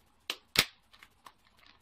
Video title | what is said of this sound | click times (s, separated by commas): Rebuilding a Dive Mask | then all we have to do is clip the frame into place. | 0.3 s, 0.6 s